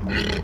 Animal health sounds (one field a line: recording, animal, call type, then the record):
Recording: contact call of a hoofed animal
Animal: wild boar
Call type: grunt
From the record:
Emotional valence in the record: negative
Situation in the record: naturally occurring agonistic interactions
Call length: 0.44 s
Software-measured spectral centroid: 2260 Hz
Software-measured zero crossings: 1780 a second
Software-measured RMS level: -24 dBFS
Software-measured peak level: -10 dBFS